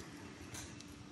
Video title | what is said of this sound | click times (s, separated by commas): Step by Step Car Charger Installation in Detail | heard the click over there and we're green come on let's take it inside the car and take a look | 0.8 s